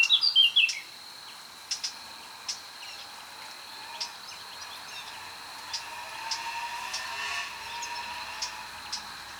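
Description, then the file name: Eurasian blackcap opening with a brief scratchy warble, then hard clicking tac calls repeated at irregular intervals. "Sylvia atricapilla"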